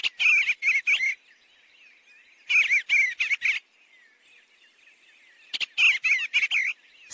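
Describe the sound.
Eastern Bluebird calls: three bursts of chattering, slurred notes, each a second or more long, separated by quiet pauses of over a second.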